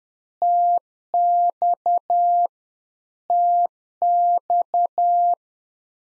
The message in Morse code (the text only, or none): TX TX